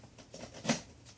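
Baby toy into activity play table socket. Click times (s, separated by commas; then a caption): 0.7 s. A plastic baby toy is pushed into its socket in an activity play table. After some soft handling noises, one sharp snap at 0.7 s confirms the toy is seated in the table.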